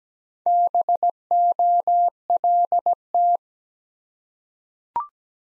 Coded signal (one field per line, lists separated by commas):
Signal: Morse code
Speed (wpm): 17 wpm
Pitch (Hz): 700 Hz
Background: none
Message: BOLT